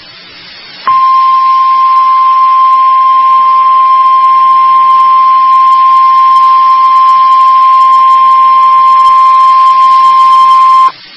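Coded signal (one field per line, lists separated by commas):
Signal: Emergency Alert System (SAME) tones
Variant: 1050 Hz attention tone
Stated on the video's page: Real NOAA Weather Radio alert for a severe thunderstorm warning.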